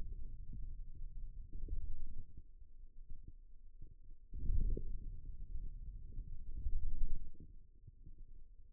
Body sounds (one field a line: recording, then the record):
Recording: forearm muscle sounds (acoustic myography)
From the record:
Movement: wrist extension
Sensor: system 2, bracelet of six BSWA MPA416 microphones around the upper forearm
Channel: 1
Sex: male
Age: 22 years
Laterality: right